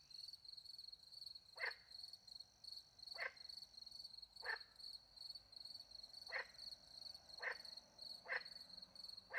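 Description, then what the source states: Frog calls as single short croaks spaced one to two seconds apart, over a steady ringing of crickets. Frogs with crickets, in the countryside at night beside a little pond in France; microphones hidden in a tree, recorded with two Usi Pro microphones into a MixPre-10 II.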